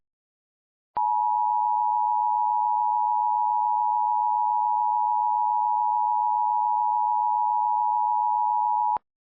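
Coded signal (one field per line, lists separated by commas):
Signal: Emergency Alert System (SAME) tones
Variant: 853 and 960 Hz attention tone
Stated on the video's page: Simulated EAS scenario for a fictional supercell, using valid EAS tones.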